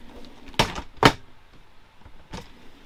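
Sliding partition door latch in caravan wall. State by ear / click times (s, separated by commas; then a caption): seated / 0.6 s, 1.1 s. A sliding partition door in a caravan wall is pulled across to close off the kids' area. It latches shut with sharp clicks at 0.6 and 1.1 seconds, followed by a softer knock near 2.3 seconds. The door locks into place.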